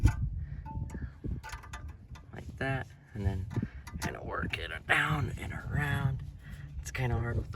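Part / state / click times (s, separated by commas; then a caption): anti-rattle spring into rear brake caliper / not seated / none. A metal anti-rattle spring is being lined up in the holes of the rear brake caliper or bracket on a 2018 Volkswagen Tiguan before it is worked down and around into place. Someone talks over light metallic taps from handling the spring, with brief sharp sounds at 0.9, 1.7 and 2.2 seconds. Nothing has snapped or seated yet.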